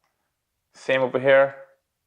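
A plastic clip-on landing gear leg is handled under the electric motor on the underside of a small DJI Spark drone, about to be slipped on and rotated to lock. Someone talks from about 0.8 to 1.7 seconds, and there is only a very faint tick near the start. Nothing has seated or clicked yet.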